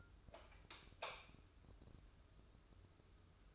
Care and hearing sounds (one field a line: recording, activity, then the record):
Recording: daily activity, microphone in the room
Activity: light on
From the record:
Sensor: 2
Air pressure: 995.2 hPa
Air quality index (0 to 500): 76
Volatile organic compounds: 3 ppm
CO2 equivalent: 1349 ppm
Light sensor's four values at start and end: 8/18/7/8 and 13/36/14/14